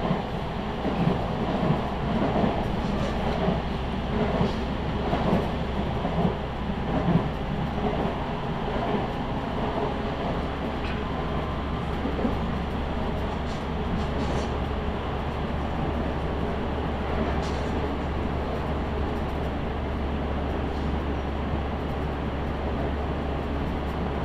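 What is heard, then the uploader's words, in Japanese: A local train on the Chūō West Line rumbles steadily, a constant low drone with faint rattles and clicks, busier in the first seconds. 中央西線 普通 名古屋→高蔵寺 313系8000番台。座席は転換クロスシート、窓にはカーテンということで若干グレードが高いです。通勤ラッシュの折り返しになるので多少立つ人が出るくらいですね～。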